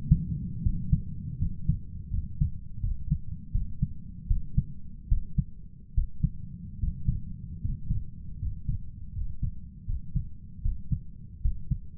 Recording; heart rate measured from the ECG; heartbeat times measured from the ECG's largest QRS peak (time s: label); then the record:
heart sounds by stethoscope; 78 bpm
0.62 s: heartbeat
1.38 s: heartbeat
2.10 s: heartbeat
2.80 s: heartbeat
3.51 s: heartbeat
4.27 s: heartbeat
5.08 s: heartbeat
5.94 s: heartbeat
6.79 s: heartbeat
7.61 s: heartbeat
8.38 s: heartbeat
9.12 s: heartbeat
9.85 s: heartbeat
10.61 s: heartbeat
11.41 s: heartbeat
From the record:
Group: healthy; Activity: rest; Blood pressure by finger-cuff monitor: 111/71 mmHg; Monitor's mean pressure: 84 mmHg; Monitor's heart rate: 77 bpm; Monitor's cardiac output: 7 L/min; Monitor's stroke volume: 91 mL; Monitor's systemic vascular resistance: 860 dyn s/cm5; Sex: male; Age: 23 years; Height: 178 cm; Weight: 96.6 kg